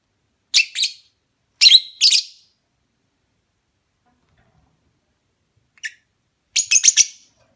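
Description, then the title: Lovebird producing sharp high chirps in short groups, a long silence, then a single thin note and a fast cluster of shrill squeaks. Lovebird mating call, used as a lure. "Suara Lovebird Kawin Untuk Pancingan"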